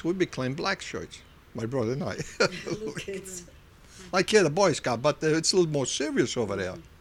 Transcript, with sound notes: We became Black Shirts, my brother and I. ( he laughs ) Like here the boy scouts, but it's a little more serious over there.